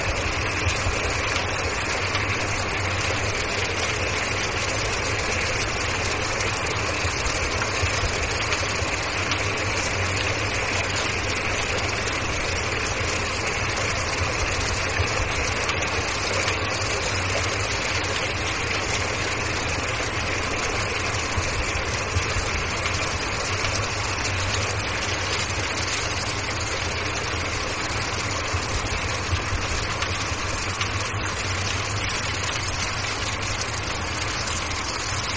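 Dense, steady rain drums on a skylight without pause, a constant wash of patter over a low rumbling hum, unchanging throughout.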